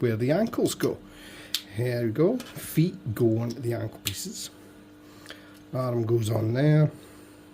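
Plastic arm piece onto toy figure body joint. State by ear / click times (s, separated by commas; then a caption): not seated / none. A small plastic arm piece from a model kit is handled and pressed toward the ball joint of a posable toy figure's body while someone talks, with a brief faint tick near 5.3 s. Nothing has seated or clicked yet.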